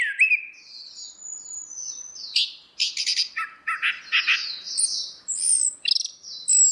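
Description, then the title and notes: Orange-headed thrush song, a steady run of thin high whistles mixed with harsher chattering notes. Continuous singing (ngeplong), used as a masteran for training other birds to learn the song. "Suara Burung Anis Merah Ngeplong. Masteran Anis Kembang"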